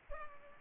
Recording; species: mosquito wingbeat signal from an infrared sensor; Culex pipiens